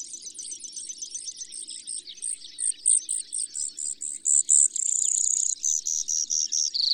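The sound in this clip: Brewer's sparrow song, a long, very high series of buzzy trills that switch speed, some slow and pulsed, others fast and rattling.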